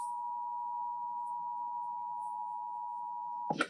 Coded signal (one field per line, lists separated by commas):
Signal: Emergency Alert System (SAME) tones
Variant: 853 and 960 Hz attention tone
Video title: Tornado Warning EAS#144